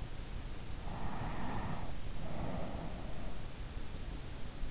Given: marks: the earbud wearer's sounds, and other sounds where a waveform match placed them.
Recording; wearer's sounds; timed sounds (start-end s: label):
sounds in sleep by an in-ear microphone; breath
0.95-3.67 s: breath